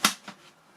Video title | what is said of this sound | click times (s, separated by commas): Unboxing - Arrows Hobby Marlin or should that be Martyn - 08 October 2020 | and it locks in | 0.0 s